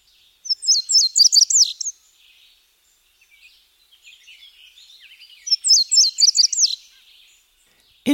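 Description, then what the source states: Indigo bunting song: a bright, high phrase of sharp paired notes lasting just over a second, given twice about five seconds apart, with softer twittering between the phrases. Indigo bunting described as a bird of the ecotone.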